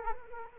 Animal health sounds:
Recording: mosquito wingbeat signal from an infrared sensor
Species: Culex quinquefasciatus

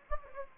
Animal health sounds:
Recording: mosquito wingbeat signal from an infrared sensor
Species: Anopheles gambiae

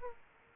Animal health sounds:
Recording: mosquito wingbeat signal from an infrared sensor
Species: Aedes aegypti

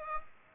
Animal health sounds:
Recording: mosquito wingbeat signal from an infrared sensor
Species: Aedes aegypti

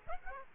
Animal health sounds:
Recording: mosquito wingbeat signal from an infrared sensor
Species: Aedes aegypti

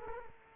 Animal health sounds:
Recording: mosquito wingbeat signal from an infrared sensor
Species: Culex quinquefasciatus

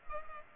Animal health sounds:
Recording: mosquito wingbeat signal from an infrared sensor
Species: Culex pipiens

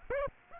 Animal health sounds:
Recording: mosquito wingbeat signal from an infrared sensor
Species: Aedes aegypti

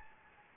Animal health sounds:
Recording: mosquito wingbeat signal from an infrared sensor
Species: Anopheles gambiae

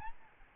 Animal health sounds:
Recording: mosquito wingbeat signal from an infrared sensor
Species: Aedes albopictus

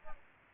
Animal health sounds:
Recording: mosquito wingbeat signal from an infrared sensor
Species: Aedes albopictus

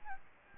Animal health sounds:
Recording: mosquito wingbeat signal from an infrared sensor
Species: Aedes albopictus

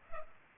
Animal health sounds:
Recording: mosquito wingbeat signal from an infrared sensor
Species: Culex pipiens

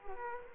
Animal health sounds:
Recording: mosquito wingbeat signal from an infrared sensor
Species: Culex quinquefasciatus

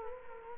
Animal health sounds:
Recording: mosquito wingbeat signal from an infrared sensor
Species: Culex quinquefasciatus

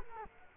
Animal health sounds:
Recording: mosquito wingbeat signal from an infrared sensor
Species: Culex quinquefasciatus

